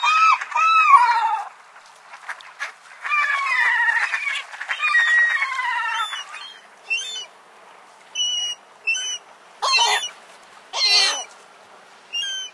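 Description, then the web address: Thayer's gull giving loud, drawn-out nasal calls at first, then scattered short, sharper notes separated by brief pauses. "Songs of Birds of North America Stokes. Thayers Gull"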